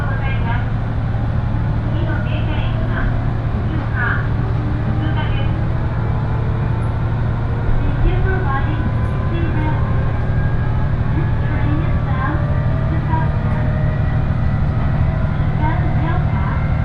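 Inside a one-car railbus on the Ise Railway, a steady low engine drone and rolling hum run throughout with no letup. Passengers' voices chatter on and off over it, with brief clanks and light knocks now and then.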